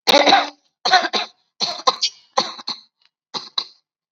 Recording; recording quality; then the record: heavy voluntary cough; excellent, no background noise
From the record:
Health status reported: COVID-19 positive, mild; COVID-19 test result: positive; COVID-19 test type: RT-PCR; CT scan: not taken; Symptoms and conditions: cough, fever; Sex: female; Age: 65 years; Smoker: no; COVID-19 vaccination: both doses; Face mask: worn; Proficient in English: yes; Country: India